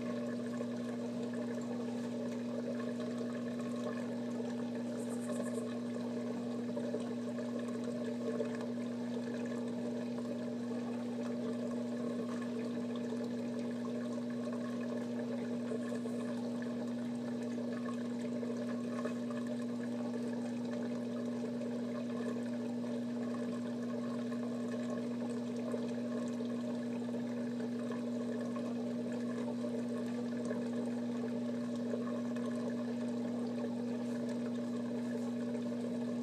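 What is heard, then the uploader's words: A washing machine runs with a steady low hum and a constant watery rush layered over it, unchanging for the whole stretch. A faint brief hiss rises around five seconds and again near sixteen, but otherwise the drone stays even and dense throughout. ASMR Washing Machine.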